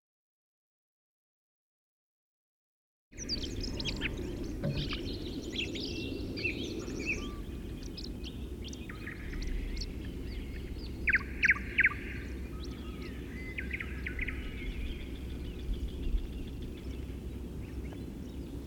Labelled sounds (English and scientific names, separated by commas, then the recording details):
Eurasian Woodcock (Scolopax rusticola) call
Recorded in the wild
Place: Anklam, Mecklenburg-Vorpommern, DE
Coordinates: 53.812, 13.861
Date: 1980-05-24
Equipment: Nagra III BH, Sennheiser MD 21, parabola
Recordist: Schubert, Michael